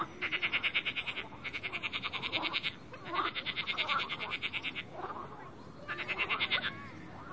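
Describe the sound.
Frog calling in long, rapid pulsed trills, four bursts separated by short gaps, with softer calls underneath.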